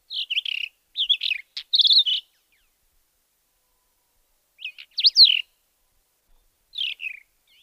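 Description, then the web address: Persian wheatear singing brief phrases of squeaky, twisting notes, separated by pauses, with an otherwise quiet background. "Schulze Peter Persian Wheatear song"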